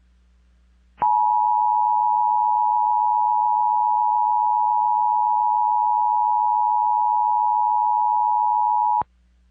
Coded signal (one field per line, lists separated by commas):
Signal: Emergency Alert System (SAME) tones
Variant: 853 and 960 Hz attention tone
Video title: KDKA 1020 Required Monthly Test (EAS #36) 4 14 21